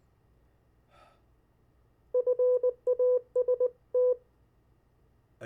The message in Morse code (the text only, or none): FAST